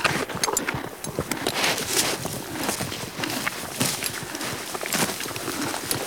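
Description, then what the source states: Horse grazing, with crisp tearing and crunching of grass in quick irregular bursts and steady background noise. Horse eating grass.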